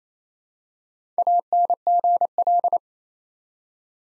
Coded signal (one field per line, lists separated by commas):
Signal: Morse code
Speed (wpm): 27 wpm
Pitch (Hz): 700 Hz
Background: none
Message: ANGL